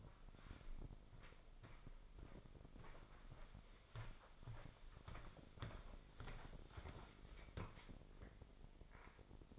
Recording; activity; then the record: daily activity, microphone in the room; walk to room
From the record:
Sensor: 5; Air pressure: 995.6 hPa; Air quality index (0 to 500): 110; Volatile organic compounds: 9 ppm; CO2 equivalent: 2135 ppm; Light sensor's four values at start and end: 38/93/37/38 and 39/92/38/42